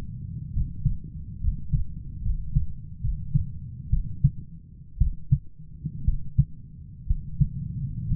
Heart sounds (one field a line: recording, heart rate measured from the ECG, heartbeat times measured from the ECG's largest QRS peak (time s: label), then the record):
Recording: heart sounds by stethoscope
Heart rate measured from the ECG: 64 bpm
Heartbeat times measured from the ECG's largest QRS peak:
0.52 s: heartbeat
1.40 s: heartbeat
2.22 s: heartbeat
3.00 s: heartbeat
3.89 s: heartbeat
4.98 s: heartbeat
6.04 s: heartbeat
7.06 s: heartbeat
8.07 s: heartbeat
From the record:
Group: healthy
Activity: rest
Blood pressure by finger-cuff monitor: 127/73 mmHg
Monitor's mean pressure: 93 mmHg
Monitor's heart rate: 64 bpm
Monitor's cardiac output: 7.2 L/min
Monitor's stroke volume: 112 mL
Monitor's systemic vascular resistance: 880 dyn s/cm5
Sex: male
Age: 23 years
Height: 178 cm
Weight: 96.6 kg